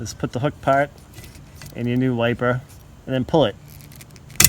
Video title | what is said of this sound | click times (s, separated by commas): KIA Sportage Windshield Wiper Replacement 2017-2019 | like that, and you should hear it click into place. | 4.4 s